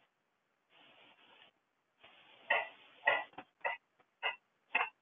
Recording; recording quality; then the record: heavy voluntary cough; poor, much background noise or distortion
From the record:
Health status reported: healthy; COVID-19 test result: not tested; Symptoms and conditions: none ticked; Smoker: not ticked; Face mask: worn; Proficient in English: yes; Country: India